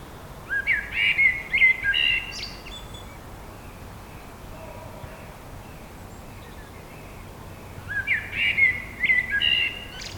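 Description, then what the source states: Bird song in two short bursts of warbled, chirping phrases near the start and end, separated by a quiet stretch, over a steady low background hiss. In the woods.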